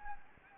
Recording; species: mosquito wingbeat signal from an infrared sensor; Anopheles gambiae